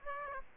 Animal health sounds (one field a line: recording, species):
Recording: mosquito wingbeat signal from an infrared sensor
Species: Aedes aegypti